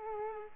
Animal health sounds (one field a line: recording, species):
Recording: mosquito wingbeat signal from an infrared sensor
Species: Culex pipiens